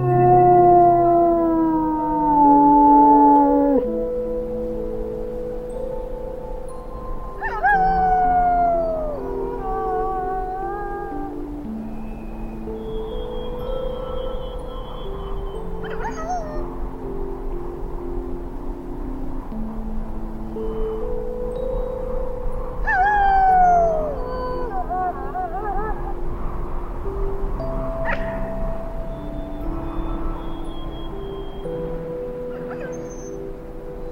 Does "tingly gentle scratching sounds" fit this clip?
no